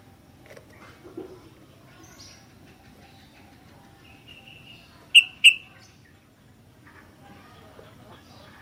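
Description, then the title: Sooty-headed bulbul calls: two loud, short notes in quick succession near the end, with faint scattered chirps earlier. "kutilang"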